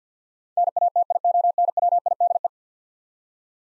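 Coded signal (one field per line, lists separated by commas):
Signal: Morse code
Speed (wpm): 50 wpm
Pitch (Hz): 700 Hz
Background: none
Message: NATIONWIDE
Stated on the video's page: Head-copy drill of ten-letter words in Morse at 50 wpm, each word sent, spoken, then sent again.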